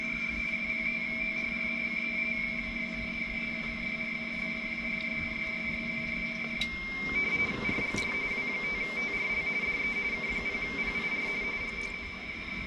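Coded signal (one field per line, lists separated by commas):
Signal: RTTY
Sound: steady tone, then rapid warbling between two close pitches, a teletype-like burble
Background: radio static, low hum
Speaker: I'm gonna guess that they're typing it in, and then they're gonna hit send.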